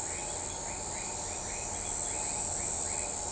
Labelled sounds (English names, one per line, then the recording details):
none
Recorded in shrubland near Pivijay, Magdalena, Colombia, on 18 April 2023 at 01:30
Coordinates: 10.453, -74.365
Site P5-G022